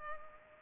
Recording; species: mosquito wingbeat signal from an infrared sensor; Culex pipiens